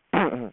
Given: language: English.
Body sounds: throat vibration sensor signal played as sound; throat clearing

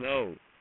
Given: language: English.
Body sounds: throat vibration sensor signal played as sound; speech

